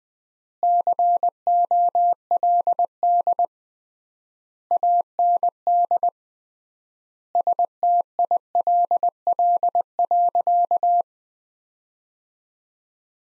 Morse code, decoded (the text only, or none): COLD AND STILL.